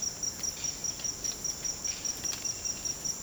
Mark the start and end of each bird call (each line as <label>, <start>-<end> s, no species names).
bird call, 0.00-2.16 s